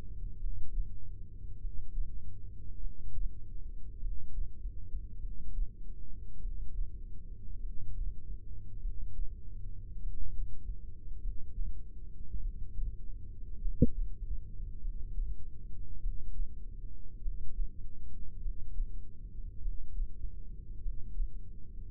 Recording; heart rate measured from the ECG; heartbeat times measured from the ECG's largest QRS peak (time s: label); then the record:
heart sounds by microphone in the right ear; 50 bpm
0.36 s: heartbeat
1.56 s: heartbeat
2.76 s: heartbeat
3.96 s: heartbeat
5.16 s: heartbeat
6.36 s: heartbeat
7.56 s: heartbeat
8.76 s: heartbeat
9.96 s: heartbeat
11.16 s: heartbeat
12.37 s: heartbeat
13.57 s: heartbeat
14.77 s: heartbeat
15.97 s: heartbeat
17.17 s: heartbeat
18.37 s: heartbeat
19.57 s: heartbeat
20.77 s: heartbeat
From the record:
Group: heart failure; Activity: breath hold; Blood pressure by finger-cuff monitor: 61/33 mmHg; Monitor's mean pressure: 42 mmHg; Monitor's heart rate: 50 bpm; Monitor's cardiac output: 3.7 L/min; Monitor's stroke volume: 75 mL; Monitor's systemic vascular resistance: 710 dyn s/cm5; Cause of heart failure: dilated cardiomyopathy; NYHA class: 3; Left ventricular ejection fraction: 27%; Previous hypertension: present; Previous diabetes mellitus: present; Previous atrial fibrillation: present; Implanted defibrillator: present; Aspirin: present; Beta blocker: bisoprolol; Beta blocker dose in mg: 1.25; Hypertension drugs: sacubitril-valsartan, spironolactone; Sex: female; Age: 39 years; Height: 170 cm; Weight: 64 kg